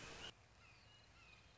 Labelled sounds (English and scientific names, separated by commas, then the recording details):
Red-shouldered Hawk (Buteo lineatus)
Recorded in Sonoma County, California